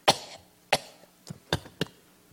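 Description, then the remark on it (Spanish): A voice mimics a car engine sputtering and coughing in full sun on a hot day shortly before Torreón: five uneven, breathy, cough-like bursts, the first two loud and spaced apart, then a quicker ragged cluster of sharp puffs. “El pinche coche de pronto hizo, ya ves cómo empiezan a toser.”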